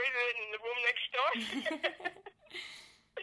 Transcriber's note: laughter